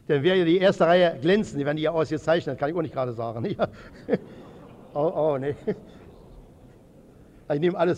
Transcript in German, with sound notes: Denn wäre die erste Reihe glänzend, dann wären die ja ausgezeichnet, kann ich auch nicht gerade sagen. [Lachen im Publikum] Au, au, ne. Ich nehme alles zurück.